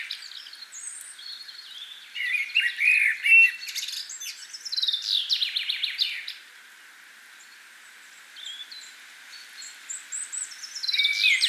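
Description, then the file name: Common blackbird song: warbled phrases in the first half running into high squeaky twitters, then a quieter stretch and more high twitters at the end. "Turdus merula"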